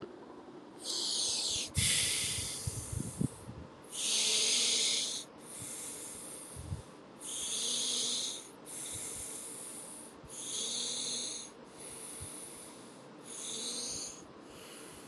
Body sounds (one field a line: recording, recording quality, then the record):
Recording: shallow breathing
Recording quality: excellent, no background noise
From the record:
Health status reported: COVID-19 positive, mild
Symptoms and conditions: cough, cold, sore throat, fever, fatigue, loss of smell and taste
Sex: male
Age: 27 years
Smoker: not ticked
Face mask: not worn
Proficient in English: yes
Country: India